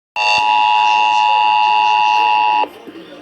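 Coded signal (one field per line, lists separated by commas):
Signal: Emergency Alert System (SAME) tones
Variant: 853 and 960 Hz attention tone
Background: speech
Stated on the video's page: Ohio Required Weekly Test on EAS/NOAA Weather Radio.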